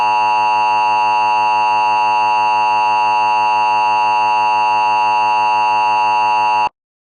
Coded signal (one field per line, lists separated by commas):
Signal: Emergency Alert System (SAME) tones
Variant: 853 and 960 Hz attention tone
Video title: EAS 5: Amber Alert Deschutes OR